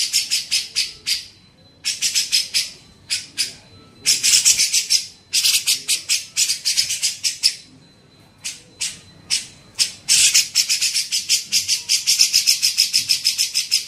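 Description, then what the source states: Grey-cheeked bulbul delivering bouts of scratchy, buzzy chatter, irregular at first, then a long fast unbroken run near the end. Used for training songbirds (masteran).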